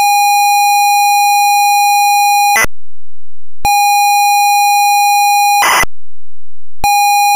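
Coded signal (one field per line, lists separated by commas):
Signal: ZX Spectrum tape loading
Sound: buzzy steady lead tone, short harsh data burst, pause, lead tone and burst again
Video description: Versión para ZX Spectrum de la canción Bibo, con su carga y todo.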